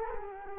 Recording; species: mosquito wingbeat signal from an infrared sensor; Culex quinquefasciatus